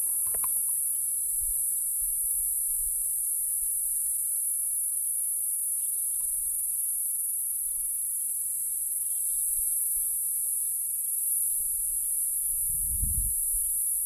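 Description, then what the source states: Cicada song, an unbroken shrill high buzz, steady in pitch and loudness throughout, with faint low gusts of wind. Recorded 20 km west of Swellendam along the R324 road, Western Cape, South Africa; identified as Platypleura cf. catenata.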